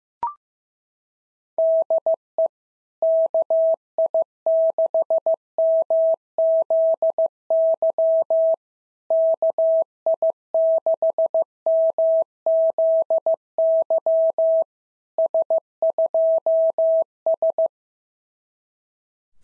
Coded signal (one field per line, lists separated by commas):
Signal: Morse code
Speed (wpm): 15 wpm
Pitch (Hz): 650 Hz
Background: none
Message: DE KI6MZY KI6MZY S2S